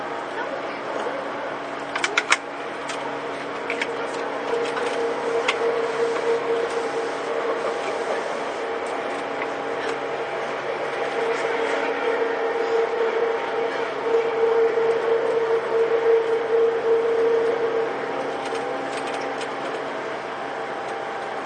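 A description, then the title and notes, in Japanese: A Tobu 9000 series train runs between Kotake-mukaihara and Hiyoshi, its motor holding a steady hum with a faint whine that rises around the middle and into the final seconds. Sharp clicks and clatters break in near two seconds and occasionally afterward, over a constant rumble. 東武9000系 小竹向原ー日吉。東京メトロ副都心線→東急東横線の区間で録音。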